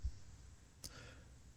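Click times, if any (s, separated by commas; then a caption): 0.9 s. On a clothesline arm, a cord is wrapped around the locking mechanism and fed through the hole, then the locking lever is pushed down to lock the cord in place. A single sharp click sounds at 0.9 s against a quiet background. The lever clicks shut and the cord is locked.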